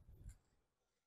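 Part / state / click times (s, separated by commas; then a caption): device connector plugs into inputs on microcurrent gloves / not seated / none. The connector plugs of a Zemits ElastiStrom portable microcurrent skin toning device are brought up to the small inputs at the top of the microcurrent gloves and lined up before being pushed in. Soft, low handling rustle builds to a brief peak around 0.3 s, then fades into near silence. Nothing has seated or clicked yet.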